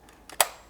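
A 1961 Polaroid 850 vintage folding instant film camera is opened by pulling its front lens standard and bellows forward along the metal track. A faint scrape and small tick at about 0.3 s lead into one sharp, loud click at 0.4 s as the front standard locks into its extended position. The camera is locked open.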